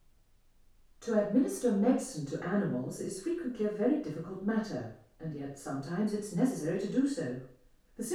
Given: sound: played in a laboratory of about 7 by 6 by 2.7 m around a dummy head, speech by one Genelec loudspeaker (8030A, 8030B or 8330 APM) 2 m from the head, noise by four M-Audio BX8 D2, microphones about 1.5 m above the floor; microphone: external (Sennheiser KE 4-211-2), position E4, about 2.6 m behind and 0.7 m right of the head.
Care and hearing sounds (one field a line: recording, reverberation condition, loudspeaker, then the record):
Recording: female speech in English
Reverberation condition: medium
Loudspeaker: 90 degrees to the right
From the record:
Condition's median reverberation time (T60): about 510 ms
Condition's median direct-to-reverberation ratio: about -0.5 dB